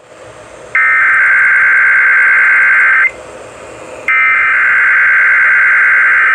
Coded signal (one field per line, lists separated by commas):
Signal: Emergency Alert System (SAME) tones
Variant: header bursts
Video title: Mississippi Required Monthly Test on WCPR-FM